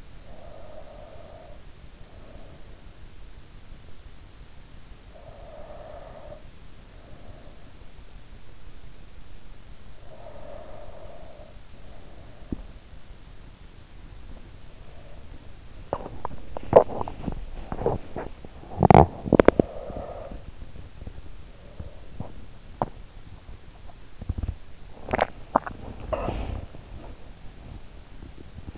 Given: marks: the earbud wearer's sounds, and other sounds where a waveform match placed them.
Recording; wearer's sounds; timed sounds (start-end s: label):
sounds in sleep by an in-ear microphone; breath, teeth grinding, swallowing
0.00-2.79 s: breath
5.02-7.71 s: breath
9.99-12.91 s: breath
15.73-19.63 s: teeth grinding
19.69-22.49 s: breath
22.49-24.59 s: teeth grinding
24.78-27.09 s: swallowing